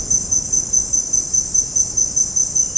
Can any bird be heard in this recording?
no